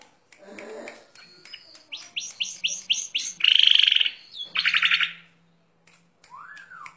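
Bird song with fast repeated chirps, a loud buzzing trill and a harsh burst, ending in a soft arching whistle.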